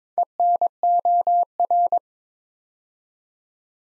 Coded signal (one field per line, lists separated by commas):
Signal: Morse code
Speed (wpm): 22 wpm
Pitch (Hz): 700 Hz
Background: none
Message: ENOR